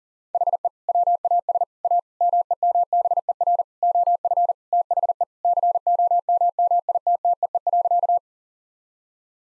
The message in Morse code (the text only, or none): HE WAS A MEMBER OF THE COMMITTEE.